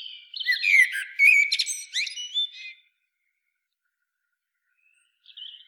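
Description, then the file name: Common blackbird, a burst of squeaky, chattering notes with whistled slurs, then silence and a faint high note at the end. "Turdus merula"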